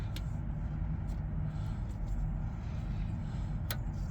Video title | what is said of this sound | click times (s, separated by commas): HOW TO REPLACE BMW 1 SERIES REAR BRAKE PADS AND WEAR INDICATOR | there we are you probably heard that click there again there's another one same kind of thing | 3.7 s